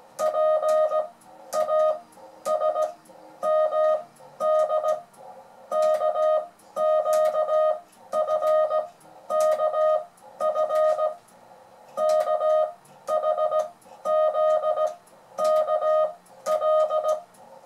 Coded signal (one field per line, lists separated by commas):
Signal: Morse code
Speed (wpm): 17 wpm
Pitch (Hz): 620 Hz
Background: music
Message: PASMD KQFKF KHZKL